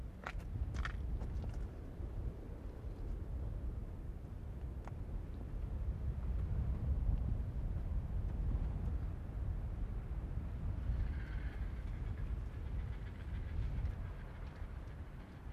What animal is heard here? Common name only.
Arctic Fox